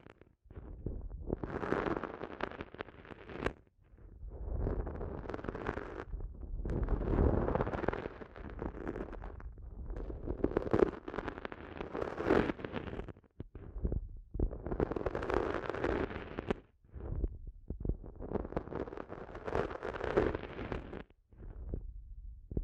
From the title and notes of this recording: ASMR Sensitive Eardrum Massage for People Who Can’t Tingle (No Talking).